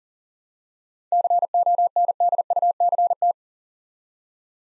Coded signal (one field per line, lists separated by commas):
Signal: Morse code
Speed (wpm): 39 wpm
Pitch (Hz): 700 Hz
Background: none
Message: CONDUCT